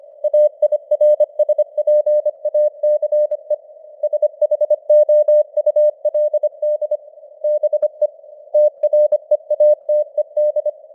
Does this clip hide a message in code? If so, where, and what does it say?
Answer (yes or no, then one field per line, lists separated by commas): yes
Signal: Morse code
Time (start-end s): 0.2-10.7 s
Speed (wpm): 25 wpm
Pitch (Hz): 600 Hz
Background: none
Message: AIRSPACE SHOULD BE TREATED